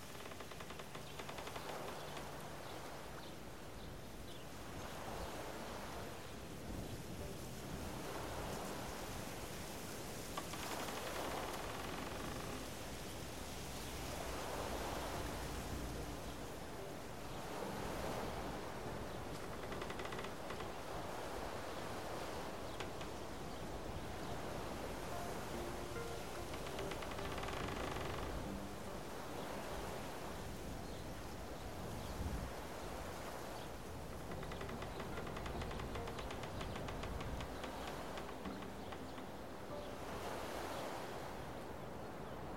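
Nature sounds at the edge of a Canadian lake: a steady, dense rush like wind or lapping water fills the whole recording at an even level. Soft swells rise and fall every few seconds, with a low rumble underneath throughout.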